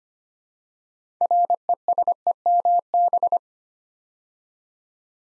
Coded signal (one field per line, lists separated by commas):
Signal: Morse code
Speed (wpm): 25 wpm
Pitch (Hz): 700 Hz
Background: none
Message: RESEMB